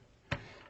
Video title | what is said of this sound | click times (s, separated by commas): Getting Started with your Festool TS Tracksaw | and then rotate the outer sleeve a full quarter turn until you feel it lock into place | 0.3 s